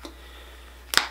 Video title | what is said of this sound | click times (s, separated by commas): How to touch up your roots using a foam hair color | you're going to turn that until you hear a click like I just did | 1.0 s